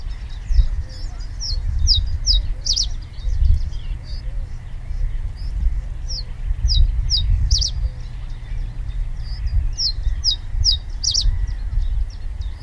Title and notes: The black and white headed male reed buntings are now singing from their song posts on the top of brambles or reeds. It is a repetitive tuneless rattle rather than a song.